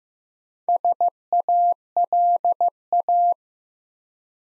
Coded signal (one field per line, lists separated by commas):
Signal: Morse code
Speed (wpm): 15 wpm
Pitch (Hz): 700 Hz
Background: none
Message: SALA